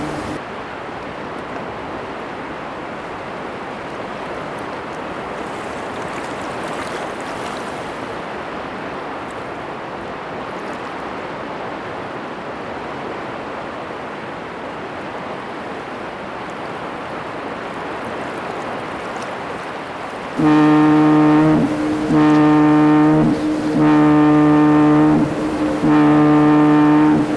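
A steady, dense wash of sea noise fills the first twenty seconds at night. Then a loud foghorn sounds at about twenty seconds: a deep, buzzing tone in three repeated blasts with short gaps, running to the end over the surf.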